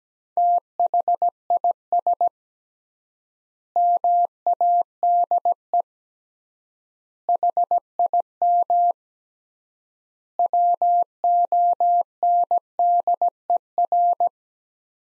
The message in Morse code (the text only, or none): THIS MADE HIM WONDER